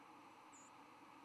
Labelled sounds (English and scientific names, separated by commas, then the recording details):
White-throated Sparrow (Zonotrichia albicollis) flight call
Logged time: 07:22 on 10 November 2014